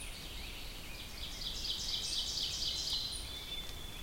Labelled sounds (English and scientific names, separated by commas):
Ovenbird (Seiurus aurocapilla) song